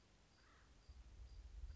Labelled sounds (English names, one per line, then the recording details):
Acorn Woodpecker
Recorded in Sonoma County, California